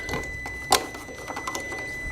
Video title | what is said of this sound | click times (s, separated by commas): LED Interior Light Install on 2002 Nissan Maxima | Put the cover back on. Hear that click. | 0.8 s